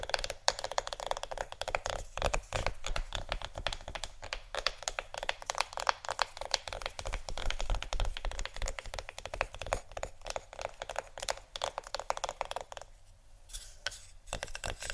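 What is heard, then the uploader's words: Fast, dense tapping on hard surfaces clatters almost without pause, crisp and bright, with a brief thinning and quieter patch near thirteen seconds. ASMR Fast Tapping ( Wood, Book, Metal, Etc. ) No Talking.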